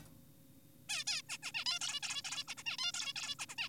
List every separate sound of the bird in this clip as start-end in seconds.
0.02-0.08, 0.89-1.04, 1.07-1.22, 1.29-1.38, 1.43-1.52, 1.54-1.64, 1.66-1.79, 1.81-2.01, 2.03-2.22, 2.25-2.44, 2.48-2.55, 2.58-2.63, 2.66-2.77, 2.78-2.92, 2.94-3.14, 3.16-3.35, 3.40-3.46, 3.49-3.55, 3.58-3.69